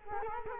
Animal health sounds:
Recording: mosquito wingbeat signal from an infrared sensor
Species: Culex quinquefasciatus

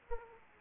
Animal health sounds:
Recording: mosquito wingbeat signal from an infrared sensor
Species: Aedes aegypti

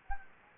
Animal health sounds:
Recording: mosquito wingbeat signal from an infrared sensor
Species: Anopheles gambiae

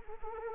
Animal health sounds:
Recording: mosquito wingbeat signal from an infrared sensor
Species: Anopheles arabiensis

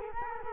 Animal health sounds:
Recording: mosquito wingbeat signal from an infrared sensor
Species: Culex quinquefasciatus

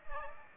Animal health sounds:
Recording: mosquito wingbeat signal from an infrared sensor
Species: Aedes aegypti

